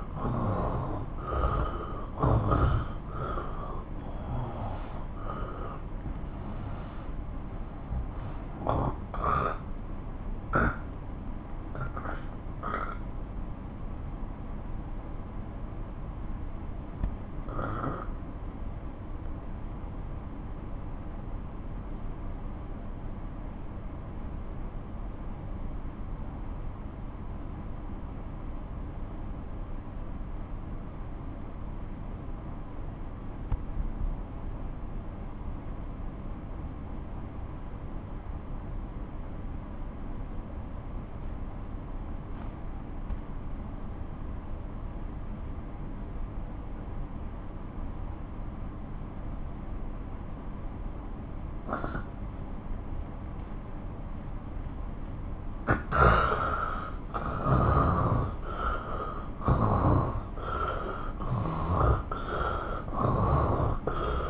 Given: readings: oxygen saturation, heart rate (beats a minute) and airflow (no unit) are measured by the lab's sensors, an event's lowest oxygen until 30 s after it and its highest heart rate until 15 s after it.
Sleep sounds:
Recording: breathing in sleep by a smartphone at the bedside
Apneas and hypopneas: 1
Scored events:
9.00-54.00 s: obstructive apnea (N1, oxygen 97% highest, then 87% lowest)
11.00-64.30 s: new sleep stage, N2 (light sleep)
From the record:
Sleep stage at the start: N1 (lightest sleep)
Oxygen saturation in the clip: 87 to 97%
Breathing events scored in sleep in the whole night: 217 in 6.3 hours asleep

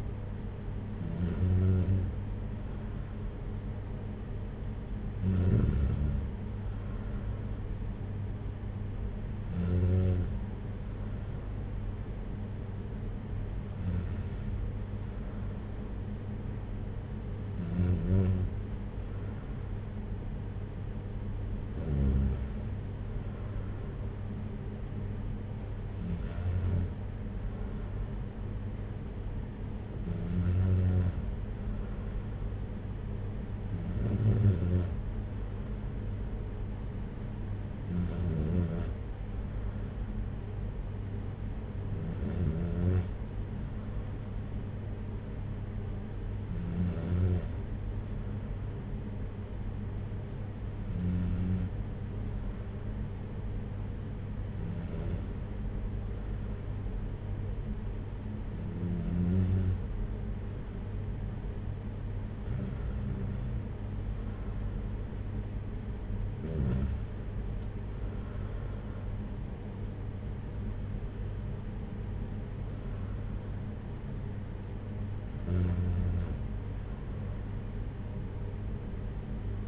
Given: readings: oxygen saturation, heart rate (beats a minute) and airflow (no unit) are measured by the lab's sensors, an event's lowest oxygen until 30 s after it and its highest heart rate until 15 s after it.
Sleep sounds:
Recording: breathing in sleep by a smartphone at the bedside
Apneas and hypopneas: 1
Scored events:
47.00-63.90 s: hypopnea (N2, oxygen 94% highest, then 94% lowest, heart rate 55 at the start, 59 highest)
From the record:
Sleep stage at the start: N2 (light sleep)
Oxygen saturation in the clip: 94%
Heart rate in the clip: 55 to 61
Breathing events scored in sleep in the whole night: 226 in 8.8 hours asleep

